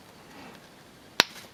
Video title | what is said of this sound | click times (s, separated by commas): Episode 2 : Vintage Starwars Custom Longsnoot Figure | There you go, you heard it click. | 1.2 s